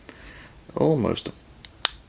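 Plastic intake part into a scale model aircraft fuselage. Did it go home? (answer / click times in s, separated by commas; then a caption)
yes / 1.9 s. A plastic intake part from a 1/72 scale Academy EA-18G Growler jet model kit is pressed into the main fuselage while someone talks briefly. A faint tick follows, then a sharp snap at 1.9 s as the intake seats in the fuselage with a perfect fit.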